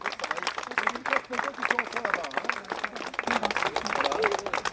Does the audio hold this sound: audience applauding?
yes